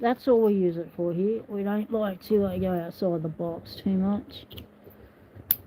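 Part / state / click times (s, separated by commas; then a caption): key-operated lock mechanism / released / 5.5 s. Someone talks for most of the clip while a key is turned in a small metal lock. After a quiet pause, the key-operated lock opens with a sharp, loud click at 5.5 s, and the lock is released.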